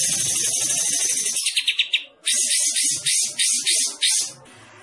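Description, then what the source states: Bulbul giving a fast, noisy high chatter, then several short pulses, a brief gap and a run of rough buzzing bursts. Described as gacor, singing actively.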